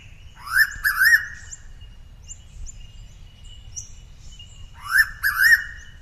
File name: pitta versicolor